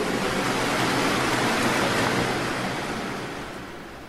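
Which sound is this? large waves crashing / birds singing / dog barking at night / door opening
large waves crashing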